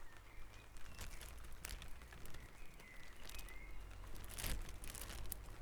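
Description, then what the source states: Birds singing at dawn, a few quiet whistled phrases with gentle slurs, heard over low rumbling noise and bursts of rustling and clicking. Dawn chorus recorded at Back Dragon Avenue, Harrogate, as part of a sound map of Harrogate.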